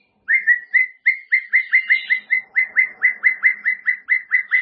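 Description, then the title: White-rumped shama singing one short whistled note again and again in a steady series. "murai batu"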